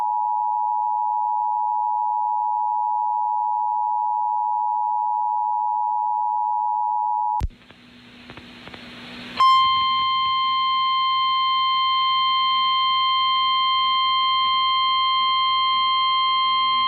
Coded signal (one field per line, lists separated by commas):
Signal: Emergency Alert System (SAME) tones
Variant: 853 and 960 Hz attention tone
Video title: IN TOR EAS #681